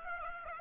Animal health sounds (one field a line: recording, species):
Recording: mosquito wingbeat signal from an infrared sensor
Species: Aedes aegypti